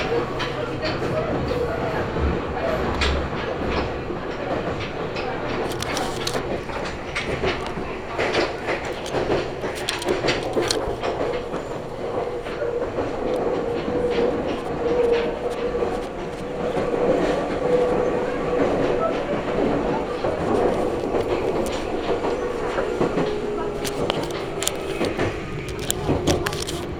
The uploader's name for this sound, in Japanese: 名古屋鉄道 蒲郡線 蒲郡→吉良吉田